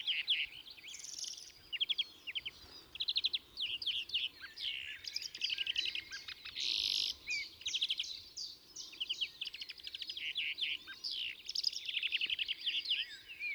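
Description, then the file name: European greenfinch song of rapid twittering trills in bursts, broken by a brief drawn-out buzzy wheeze near the middle, steady throughout. "Chloris chloris"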